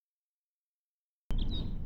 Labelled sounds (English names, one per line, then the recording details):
House Finch song
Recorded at Oceanside on Long Island, New York, on 17 June 1975
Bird A